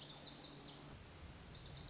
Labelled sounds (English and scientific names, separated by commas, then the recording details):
Lazuli Bunting (Passerina amoena)
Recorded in Sonoma County, California